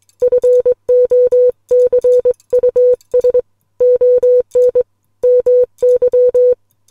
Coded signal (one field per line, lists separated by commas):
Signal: Morse code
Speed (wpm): 21 wpm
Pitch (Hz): 500 Hz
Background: music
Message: FOCUS ON MY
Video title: Morse Code Poem - Ocean - Les Logan SpeedX model 500